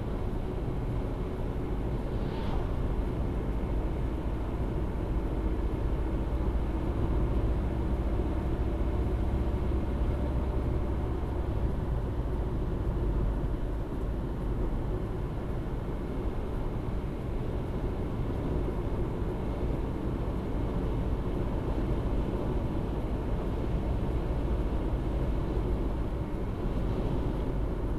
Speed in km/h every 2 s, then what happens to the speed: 82, 84, 86, 87, 88, 88, 83, 82, 82, 83, 83, 84, 84, 84.
0-7 speeds up to 88. 14-28 steady at about 83.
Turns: none.